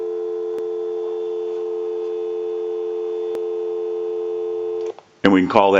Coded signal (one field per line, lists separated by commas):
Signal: telephone call progress tone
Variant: North America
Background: speech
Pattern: dial tone